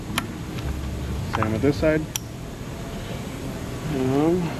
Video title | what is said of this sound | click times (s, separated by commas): Engine mount F series MINI Cooper | make sure you hear the click | 0.2 s